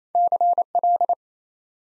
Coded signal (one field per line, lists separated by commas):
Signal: Morse code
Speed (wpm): 28 wpm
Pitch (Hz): 700 Hz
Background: none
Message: CL